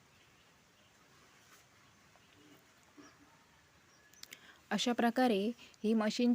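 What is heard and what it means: The bobbin cover plate is put back on over the bobbin area of a sewing machine bed and seats with three short, light clicks at 4.1, 4.2 and 4.3 seconds after a quiet stretch. Someone then talks.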